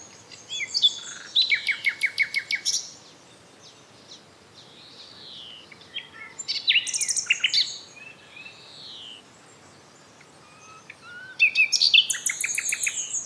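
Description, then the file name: Common nightingale singing varied phrases: a rapid chipping series, slurred whistles, another trill burst midway, and a final fast rattling phrase, with soft background hiss. "Luscinia megarhynchos"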